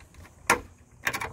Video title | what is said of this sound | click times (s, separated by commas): Jeep Renegade Aftermarket Side Marker Install | of course we hear it pop and now it stays in | 0.5 s